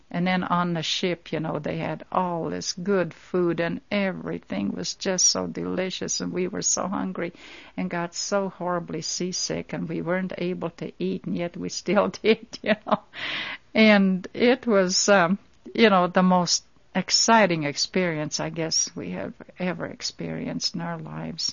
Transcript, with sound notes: And then on the ship, you know, they had all this good food and everything was just so delicious and we were so hungry, and got terribly seasick, and we weren't able to eat, and yet we still did. (She laughs.) And it was, um, you know, the most exciting experience, I guess, we have ever experienced in our lives.